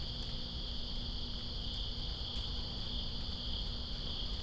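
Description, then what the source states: Cricket: short stretch of steady, high cricket trilling, layered over soft rain patter and a low constant rumble. Crickets recorded in rain in Greensboro on 2 September 2017.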